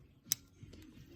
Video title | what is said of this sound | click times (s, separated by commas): Audi piston ring replacement | and get it in there she snaps right in | 0.3 s